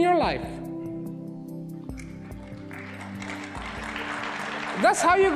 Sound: applause after delay